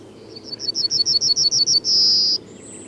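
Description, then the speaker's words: Yellowhammer song: a fast run of about ten identical high, dry notes, then a long drawn-out high final note, followed by a faint thin whistle. Early spring singer and partial migrant in Finland, many wintering there; usually sings from a visible perch at forest edges and roadsides; simple verse with little variation. "Keltasirkku laulaa yleensä näkyvällä paikalla, usein metsän laidassa ja tien varressa."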